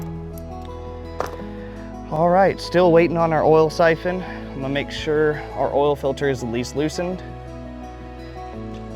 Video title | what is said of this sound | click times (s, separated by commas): Generac Generator Maintenance: Is Your Generator Ready for the Next Power Outage? | You want to hear that click sound? That means you got it on there. | 1.2 s